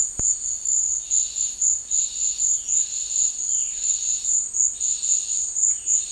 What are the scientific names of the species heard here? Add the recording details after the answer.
Cyanocorax violaceus. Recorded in secondary vegetation near Puerto Asís, Putumayo, Colombia, on 12 March 2025 at 14:00. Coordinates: 0.499, -76.323. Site G094